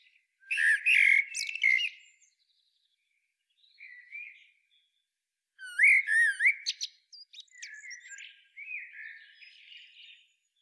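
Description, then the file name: Common blackbird song: two loud mellow fluted phrases, each closing in squeaky high twitters, with a soft, quiet warble between them and trailing twittering afterwards. "Turdus merula"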